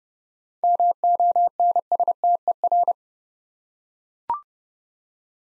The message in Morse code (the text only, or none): MONSTER